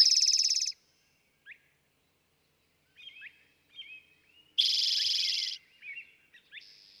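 Eastern towhee song: a loud buzzy trill at the start and another midway, with short soft notes between and after.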